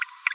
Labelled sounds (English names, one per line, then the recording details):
Green-rumped Parrotlet babbling
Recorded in a nest box in Venezuela
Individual 18B25A4